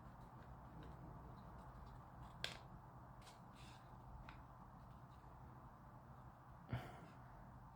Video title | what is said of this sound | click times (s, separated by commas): Airfix De Havilland Mosquito PR.XVI Part 5 | That's just snapped into place. | 2.4 s